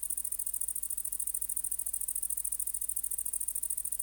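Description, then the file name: Great green bush-cricket song, a piercing, fast-ticking high buzz with evenly spaced pulses heard throughout. "Tettigonia viridissima"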